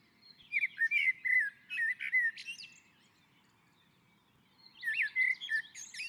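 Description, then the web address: Common blackbird song: two mellow fluty warbled phrases with squeaky high twitters, separated by about two seconds of quiet. On a roof. "Naturinspelningar Koltrast på taket"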